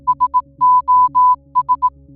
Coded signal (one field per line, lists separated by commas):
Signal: Morse code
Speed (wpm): 18 wpm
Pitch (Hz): 1000 Hz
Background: music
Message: SOS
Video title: How Does Morse Code Work #facts #language #coad #intersting #creativity #communication